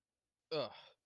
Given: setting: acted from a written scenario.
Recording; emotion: vocal sound without words; contempt